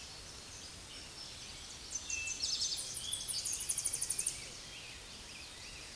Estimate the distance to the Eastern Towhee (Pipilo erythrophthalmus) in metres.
about 45 m